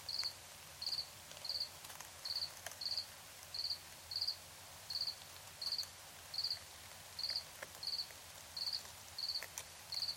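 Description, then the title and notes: Cricket chirping, short pulsed chirps more than one per second, with occasional faint clicks and hiss. Crickets at night in Tiny, Ontario. "Crickets and coyotes. Recorded in Tiny, Ontario by Anton Pickard"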